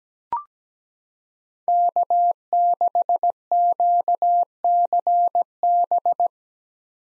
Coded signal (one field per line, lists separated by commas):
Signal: Morse code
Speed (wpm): 17 wpm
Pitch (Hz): 700 Hz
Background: none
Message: K6QCB